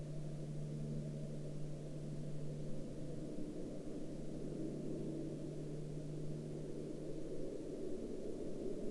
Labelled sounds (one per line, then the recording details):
aircraft
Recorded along the Dempster Highway, Canada, on 18 October 2019 at 09:20
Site 20